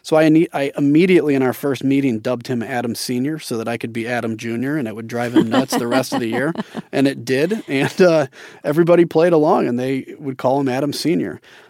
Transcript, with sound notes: So I immediately, in our first meeting, dubbed him Adam Senior so that I could be Adam Junior and it would drive him nuts the rest of the year.
(Laughter).
And it did, and everybody played along, and they would call him Adam Senior.